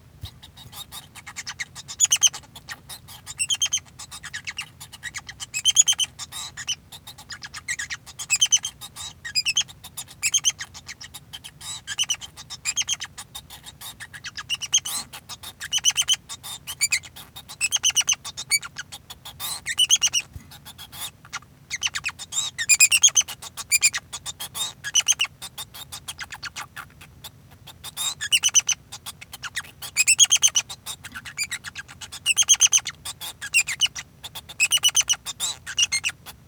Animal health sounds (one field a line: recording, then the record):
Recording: song of a male Bengalese finch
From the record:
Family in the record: son of father 2